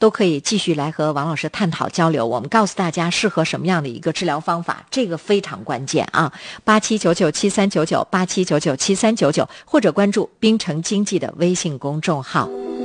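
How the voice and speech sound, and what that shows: One adult speaks fluent Mandarin in a steady, clear broadcast style with even pacing. Part of the passage is a phone number read out twice in a row. The voice is normal, with no hoarseness, strain or disfluency.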